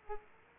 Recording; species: mosquito wingbeat signal from an infrared sensor; Aedes aegypti